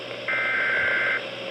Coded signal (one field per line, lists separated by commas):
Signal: Emergency Alert System (SAME) tones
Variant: header bursts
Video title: Severe Thunderstorm Warning on 2 Stations (EAS #1141-1142)